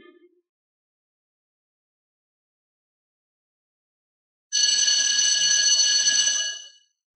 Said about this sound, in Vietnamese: Những tiếng chuông vang lên liên tiếp trong khuôn viên trường trung học số 1 của khu Nghi An.